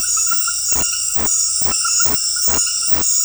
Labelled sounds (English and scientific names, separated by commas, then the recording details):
none
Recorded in dense forest near Puerto Asís, Putumayo, Colombia, on 20 February 2024 at 22:00
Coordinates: 0.484, -76.317
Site G6464